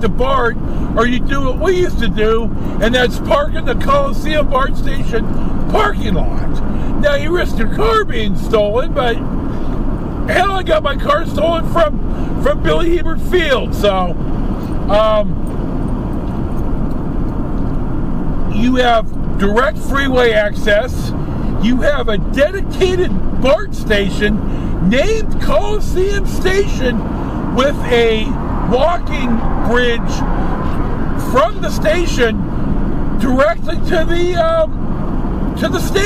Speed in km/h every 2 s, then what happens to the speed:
76, 77, 77, 77, 81, 81, 77, 76, 76, 76, 76, 76, 76, 76, 76, 77, 77, 79.
0-36 steady at about 76.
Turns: none.